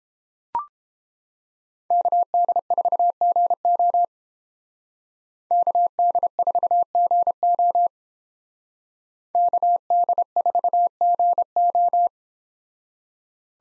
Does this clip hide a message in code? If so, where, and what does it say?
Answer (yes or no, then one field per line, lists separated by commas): yes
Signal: Morse code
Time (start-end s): 1.9-12.1 s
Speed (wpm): 30 wpm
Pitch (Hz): 700 Hz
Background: none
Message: KD4GO KD4GO KD4GO